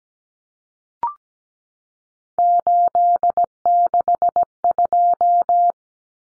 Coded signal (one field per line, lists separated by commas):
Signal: Morse code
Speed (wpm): 17 wpm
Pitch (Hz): 700 Hz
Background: none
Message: 862